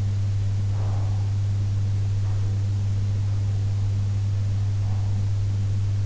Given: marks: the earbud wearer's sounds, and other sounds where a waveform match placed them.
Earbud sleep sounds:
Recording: sounds in sleep by an in-ear microphone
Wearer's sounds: breath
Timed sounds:
0.84-2.44 s: breath

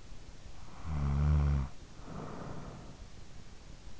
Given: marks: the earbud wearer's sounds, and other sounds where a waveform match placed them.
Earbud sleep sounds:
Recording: sounds in sleep by an in-ear microphone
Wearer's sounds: snoring breath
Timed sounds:
0.48-3.62 s: snoring breath

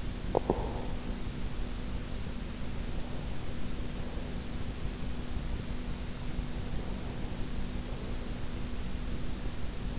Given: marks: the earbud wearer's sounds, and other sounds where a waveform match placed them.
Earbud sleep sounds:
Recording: sounds in sleep by an in-ear microphone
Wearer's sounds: swallowing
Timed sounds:
0.00-1.15 s: swallowing

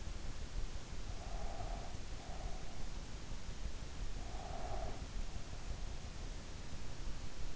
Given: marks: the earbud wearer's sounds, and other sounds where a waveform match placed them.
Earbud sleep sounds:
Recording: sounds in sleep by an in-ear microphone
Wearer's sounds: breath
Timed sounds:
1.12-2.88 s: breath
4.13-5.13 s: breath

